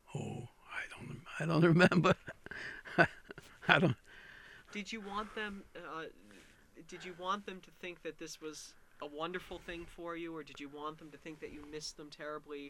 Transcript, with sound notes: Oh, I don't, I don't remember. (he laughs)
Did you want them -- did you want them to think this was a wonderful thing for you, or did you want them to think that you missed them terribly?